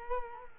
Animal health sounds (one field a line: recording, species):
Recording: mosquito wingbeat signal from an infrared sensor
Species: Culex quinquefasciatus